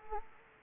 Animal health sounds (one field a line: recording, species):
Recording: mosquito wingbeat signal from an infrared sensor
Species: Anopheles gambiae